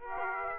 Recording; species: mosquito wingbeat signal from an infrared sensor; Aedes aegypti